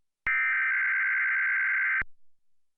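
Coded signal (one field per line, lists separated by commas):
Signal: Emergency Alert System (SAME) tones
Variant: header bursts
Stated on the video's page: EAS activation as the National Weather Service upgrades a Tsunami Watch to a Tsunami Warning for the San Francisco Bay Area.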